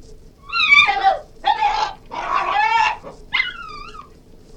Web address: Cairn Terrier, yelp &howls